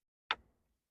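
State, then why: Seated. The second side of the plastic PCM (engine computer) cover on a Dodge Durango is pressed down until its clip snaps onto its mounting tab. A single sharp, bright click is heard at 0.3 s, with a short low tail fading out by about 0.6 s. The clip snaps home and the cover is seated and confirmed on.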